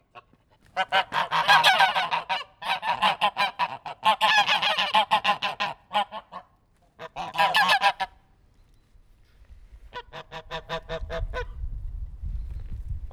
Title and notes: Langel, Köln, Deutschland - Gänse. Laute Gänse. Loud Goose